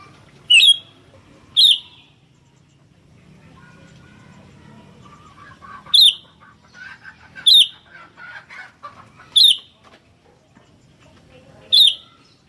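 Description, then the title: Sooty-headed bulbul chirps: six loud, piercing notes at uneven intervals, with softer chattering and twittering in between. "kutilang"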